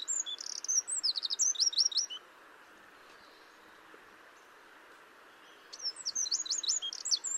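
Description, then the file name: Eurasian wren giving a bright, rapid, twittering song for two seconds, then silence, then another shrill burst of notes toward the end. "Troglodytes troglodytes"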